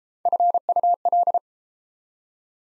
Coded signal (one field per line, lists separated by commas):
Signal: Morse code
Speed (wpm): 30 wpm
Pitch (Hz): 700 Hz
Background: none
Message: FUL